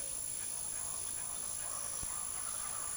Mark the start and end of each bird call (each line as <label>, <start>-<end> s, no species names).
bird call, 0.62-2.97 s